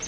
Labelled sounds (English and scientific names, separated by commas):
Palm Warbler (Setophaga palmarum) flight call